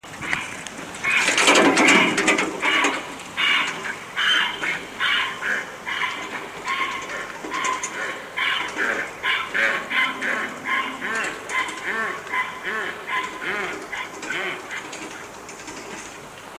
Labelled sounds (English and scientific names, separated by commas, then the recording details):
Kiang (Equus kiang) call, Onager (Equus hemionus)
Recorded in captivity
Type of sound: call sequence
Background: Equus hemionus
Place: Tierpark Berlin, Berlin, DE
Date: 2004-09-25 14:00
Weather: sunny, 14°C
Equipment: Sony WM-D6C, Sennheiser ME 80, Kopie Uher 4000 Report Monitor
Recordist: Tembrock, Günter
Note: 21:20 - 22:09 min): Kiang (lange Rufreihe)